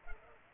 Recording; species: mosquito wingbeat signal from an infrared sensor; Culex pipiens